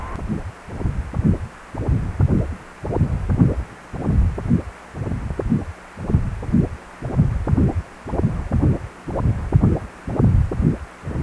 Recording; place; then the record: Doppler ultrasound of blood flow; precordium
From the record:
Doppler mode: continuous wave and pulsed wave in the uncut recording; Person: healthy adult, 18 to 50 years, no heart murmur, not diving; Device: 2.5 MHz transducer